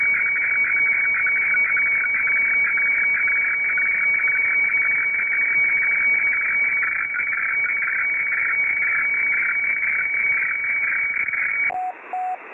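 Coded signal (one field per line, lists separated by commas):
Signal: weather fax (radiofax)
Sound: steady rhythmic warbling tone with a repeating scratchy pulse, then two short beeps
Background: radio static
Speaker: Radiofax is a system for analog transmission of black-and-white images using shortwave radio waves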